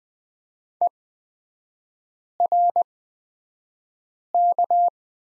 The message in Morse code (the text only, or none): ERK